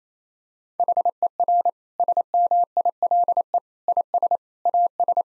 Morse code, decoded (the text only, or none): HER SMILE IS AS